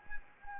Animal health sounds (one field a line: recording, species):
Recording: mosquito wingbeat signal from an infrared sensor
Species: Anopheles gambiae